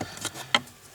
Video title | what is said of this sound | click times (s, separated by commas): HACK Repair Ford Focus Broken Air Vent Switch | It'll match up the pattern on this, and then it'll just slide right on and click in place. | 0.5 s